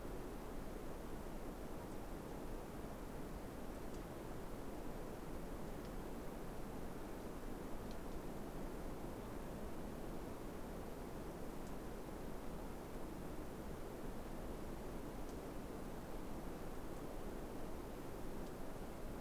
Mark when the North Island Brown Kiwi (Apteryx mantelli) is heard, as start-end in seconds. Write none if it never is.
none